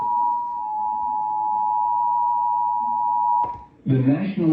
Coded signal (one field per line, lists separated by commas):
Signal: Emergency Alert System (SAME) tones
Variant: 853 and 960 Hz attention tone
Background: speech